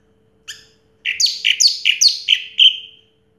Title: Anis Merah Macet.. Pancing Dengan Suara Ini.. # Anis Merah